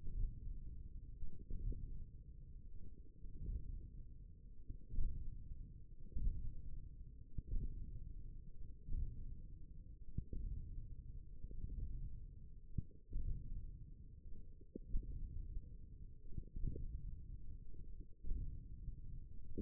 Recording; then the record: forearm muscle sounds (acoustic myography)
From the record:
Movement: hand opening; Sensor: system 1, eight BSWA MPA416 microphones around the upper forearm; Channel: 4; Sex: male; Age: 28 years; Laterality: right